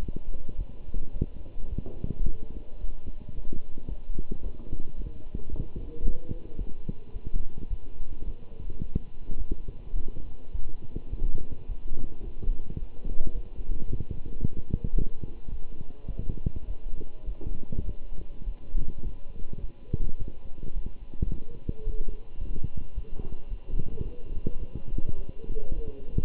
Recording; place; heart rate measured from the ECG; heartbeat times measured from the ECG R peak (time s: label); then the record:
heart sounds by stethoscope; between the tricuspid and mitral areas; 107 bpm
0.00 s: heartbeat
0.57 s: heartbeat
1.14 s: heartbeat
1.70 s: heartbeat
2.26 s: heartbeat
2.80 s: heartbeat
3.35 s: heartbeat
3.89 s: heartbeat
4.43 s: heartbeat
4.97 s: heartbeat
5.50 s: heartbeat
6.04 s: heartbeat
6.58 s: heartbeat
7.13 s: heartbeat
7.70 s: heartbeat
8.25 s: heartbeat
8.81 s: heartbeat
9.38 s: heartbeat
9.95 s: heartbeat
10.52 s: heartbeat
11.11 s: heartbeat
11.68 s: heartbeat
12.24 s: heartbeat
12.80 s: heartbeat
13.34 s: heartbeat
13.88 s: heartbeat
14.41 s: heartbeat
14.96 s: heartbeat
15.51 s: heartbeat
16.08 s: heartbeat
16.67 s: heartbeat
17.26 s: heartbeat
17.86 s: heartbeat
18.46 s: heartbeat
19.04 s: heartbeat
19.61 s: heartbeat
20.19 s: heartbeat
20.75 s: heartbeat
21.31 s: heartbeat
21.86 s: heartbeat
22.40 s: heartbeat
22.95 s: heartbeat
23.50 s: heartbeat
24.05 s: heartbeat
24.59 s: heartbeat
25.18 s: heartbeat
25.75 s: heartbeat
From the record:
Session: walking at 3.7 km/h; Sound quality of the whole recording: good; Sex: male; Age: 24 years